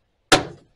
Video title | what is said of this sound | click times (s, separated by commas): 1949 Chevy truck, Cowl and side vent operation Volume 91. | when I pull it back you'll hear it snap in the closed position | 0.3 s